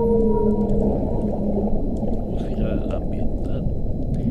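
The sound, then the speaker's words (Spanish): A sperm whale calf vocalizes with its mother: sustained low tonal moans layered over a dense underwater rumble, a faint high whistle gliding down at the start, then soft warbling squeaks. “Un cachalote con su madre.”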